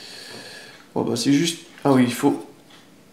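A plastic part is being handled during assembly of a 1/8 scale Bugatti Veyron 16.4 Super Sport model car, before it is pressed into its socket. Someone talks over a quiet background with faint high-pitched hiss. Nothing has seated or clicked yet.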